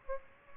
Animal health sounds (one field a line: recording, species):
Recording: mosquito wingbeat signal from an infrared sensor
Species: Aedes aegypti